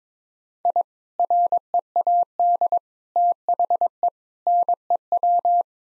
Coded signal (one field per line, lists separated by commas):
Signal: Morse code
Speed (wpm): 22 wpm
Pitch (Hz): 700 Hz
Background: none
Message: I READ THE NEW